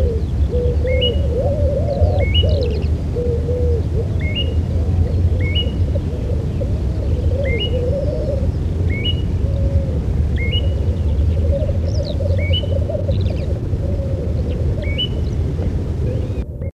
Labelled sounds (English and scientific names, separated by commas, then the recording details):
Great Grey Shrike (Lanius excubitor) call
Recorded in the wild
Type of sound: call
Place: Schneerener Moor (Neustadt am Rübenberge), Niedersachsen, DE
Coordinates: 52.5378, 9.27639
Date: 1977-03-10
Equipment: Halbspur, 9,5 cm/s
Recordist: Lütgens, Hans
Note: Rufe